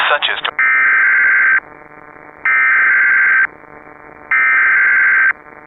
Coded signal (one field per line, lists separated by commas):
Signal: Emergency Alert System (SAME) tones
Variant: header bursts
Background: speech